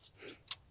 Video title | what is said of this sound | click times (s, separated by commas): Camping - My Lightweight backpacking kitchen / cooking gear | the cone together he's just interlink locks into place | 0.5 s